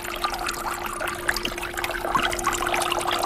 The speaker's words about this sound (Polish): Przedstawiła pracę We Are The Weather i to jest praca bardzo złożona, intrygująca, a że nie brakuje tam dźwięku pluskania, to chyba wskakujemy teraz z Alicją Patanowską do fontanny.